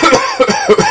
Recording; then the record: coughing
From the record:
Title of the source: Dry Coughing Fit in the Afternoon.